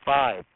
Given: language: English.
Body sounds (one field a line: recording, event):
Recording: throat vibration sensor signal played as sound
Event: speech